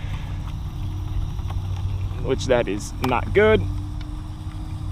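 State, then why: Seated. The plastic canopy of a SAB Goblin RAW 580 RC helicopter is re-seated onto its frame mounting pins after it had not locked during flight, while someone talks over a steady low background hum. A single short click at 4.0 s marks the canopy locking into place on its pin.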